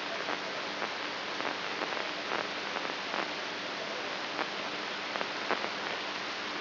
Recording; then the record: brain microelectrode recording played as sound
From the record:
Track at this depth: inside the subthalamic nucleus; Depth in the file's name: 4.715 mm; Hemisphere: right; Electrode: 2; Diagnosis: Parkinson's disease